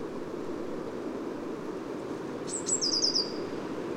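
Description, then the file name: Eurasian blue tit giving one brief bout of very high, thin notes: a sharp high note, then a quick string of short tinkling notes, over steady low rumbling background noise. Recorded at Neudarss on 2 February 2013 at 09:53. "130202 ebtit-caeruleus 0953 h neudarss"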